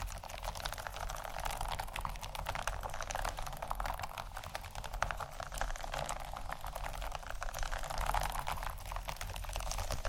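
Textured bags are handled continuously, giving a dense, steady stream of fast crinkling clicks and rustles across the whole ten seconds. A low, constant rumble runs underneath, and the activity swells slightly louder near the end.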